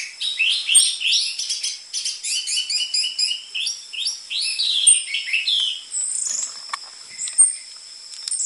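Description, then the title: Orange-headed thrush singing a dense, fast run of jumbled whistled and scratchy notes, phrases repeating several times a second, with a constant high whine behind. Lure (pancingan) and master song material for training caged orange-headed thrushes; dense filler song ('isian rapat'), suited to the spotted 'trotol' form. "PANCINGAN Anis Merah Gacor Materi Isian Rapat Cocok Untuk MASTERAN Anis Merah TROTOL"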